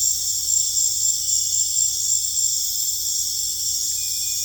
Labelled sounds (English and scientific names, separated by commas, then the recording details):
none
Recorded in dense forest near Puerto Asís, Putumayo, Colombia, on 20 December 2024 at 20:30
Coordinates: 0.484, -76.325
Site G056